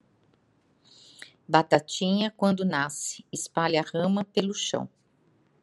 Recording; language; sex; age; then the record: short text; Brazilian Portuguese; female; 60 to 69 years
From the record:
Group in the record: control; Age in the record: 62 years